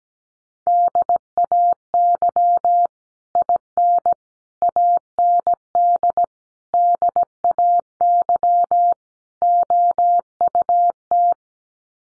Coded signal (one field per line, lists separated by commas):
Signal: Morse code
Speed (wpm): 17 wpm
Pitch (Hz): 700 Hz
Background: none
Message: DAY IN AND DAY OUT